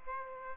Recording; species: mosquito wingbeat signal from an infrared sensor; Aedes aegypti